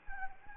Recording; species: mosquito wingbeat signal from an infrared sensor; Anopheles gambiae